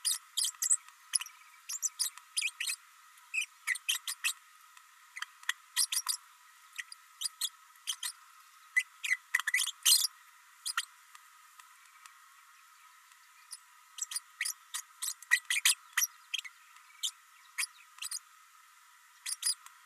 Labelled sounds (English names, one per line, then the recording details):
Green-rumped Parrotlet babbling
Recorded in a nest box in Venezuela
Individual 18B104A3